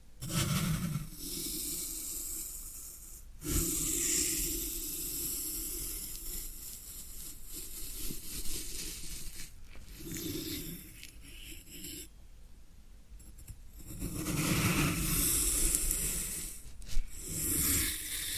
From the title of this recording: Floral Foam Sounds